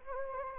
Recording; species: mosquito wingbeat signal from an infrared sensor; Anopheles gambiae